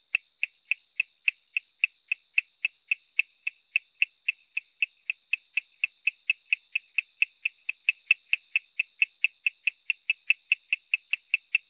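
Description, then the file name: Coorg yellow bush frog calling, a long steady series of sharp clicky high notes, about four per second, with a faint steady high tone underneath; nothing else heard. "Raorchestes luteolus call"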